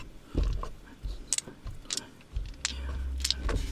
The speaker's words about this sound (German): Ich hab nur die 7 Würfel gehört, die haben.